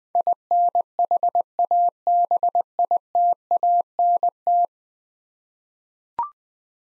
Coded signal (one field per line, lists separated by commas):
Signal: Morse code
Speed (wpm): 20 wpm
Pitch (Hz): 700 Hz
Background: none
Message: INHABITANT